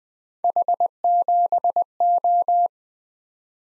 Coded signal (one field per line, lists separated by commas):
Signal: Morse code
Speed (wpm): 20 wpm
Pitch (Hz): 700 Hz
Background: none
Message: H7O